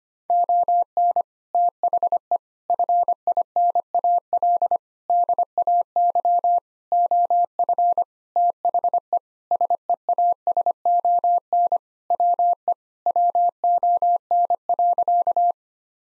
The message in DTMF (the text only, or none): none